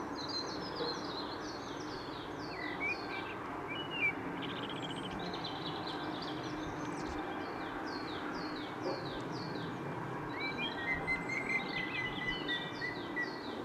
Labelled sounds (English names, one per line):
Common Blackbird song